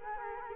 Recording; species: mosquito wingbeat signal from an infrared sensor; Culex quinquefasciatus